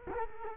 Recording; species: mosquito wingbeat signal from an infrared sensor; Culex quinquefasciatus